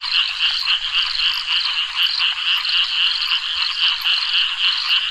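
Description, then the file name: Frogs and toads: frog chorus of rapid, evenly pulsed high calls, about three to four a second, over a dense continuous insect-like buzz with no low sounds. Frogs and toads with many insects at a reservoir at night in subtropical Australia. "animals frogs toads many insects reservoir night subtropical australia"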